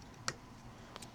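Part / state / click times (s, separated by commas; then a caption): flex cable connector into phone display board socket / seated / 0.3 s. During a phone repair, a flex cable connector is pressed onto the board socket of the new display, and it clicks into place at 0.3 seconds with a sharp, bright snap. A few fainter ticks follow near the end, and the connector is seated.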